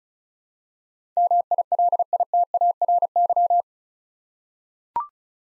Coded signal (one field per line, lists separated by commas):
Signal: Morse code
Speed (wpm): 36 wpm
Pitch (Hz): 700 Hz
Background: none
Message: MILITARY